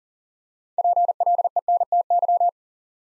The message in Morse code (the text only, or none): PLENTY